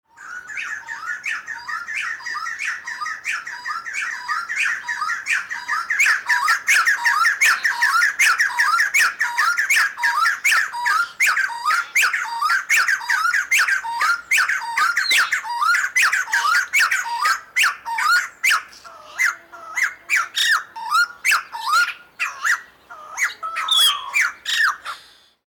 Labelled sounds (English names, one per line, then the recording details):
White-crested Laughingthrush
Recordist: Tembrock, Günter
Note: Paar: Duettrufreihe (im Hintergrund kurz Mittelbeo)